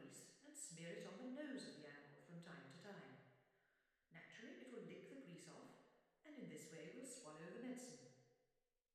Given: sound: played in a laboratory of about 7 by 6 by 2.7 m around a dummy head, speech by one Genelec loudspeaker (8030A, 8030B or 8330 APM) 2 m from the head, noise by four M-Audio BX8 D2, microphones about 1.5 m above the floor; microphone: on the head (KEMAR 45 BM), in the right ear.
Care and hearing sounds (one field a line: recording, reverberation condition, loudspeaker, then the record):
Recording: female speech in English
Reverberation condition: high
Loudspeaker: 150 degrees to the right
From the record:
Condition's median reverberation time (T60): about 1300 ms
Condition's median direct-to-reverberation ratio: about -4.0 dB